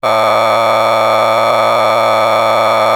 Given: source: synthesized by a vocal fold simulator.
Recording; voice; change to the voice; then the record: sustained vowel; male; a random mix of aspiration noise, stiffness perturbation and strain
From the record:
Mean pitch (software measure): 111 Hz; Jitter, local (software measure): 3.65%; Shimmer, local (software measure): 7.3%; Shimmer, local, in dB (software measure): 0.62 dB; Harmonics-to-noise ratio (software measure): 5.5 dB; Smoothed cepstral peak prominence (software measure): 12.4 dB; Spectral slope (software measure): -12.4 dB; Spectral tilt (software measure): -10.1 dB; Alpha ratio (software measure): -2.9 dB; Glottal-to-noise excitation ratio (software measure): 0.960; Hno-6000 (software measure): 1.8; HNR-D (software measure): 19.1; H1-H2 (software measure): -0.3 dB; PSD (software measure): 3.7e-04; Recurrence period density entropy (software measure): 0.130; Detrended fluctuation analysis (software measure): 0.0315